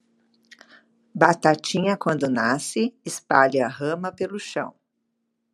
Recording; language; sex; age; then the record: short text; Brazilian Portuguese; female; 50 to 59 years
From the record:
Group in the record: control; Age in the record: 55 years